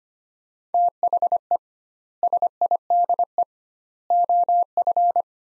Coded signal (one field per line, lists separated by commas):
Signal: Morse code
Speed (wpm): 25 wpm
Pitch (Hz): 700 Hz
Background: none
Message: THE SIDE OF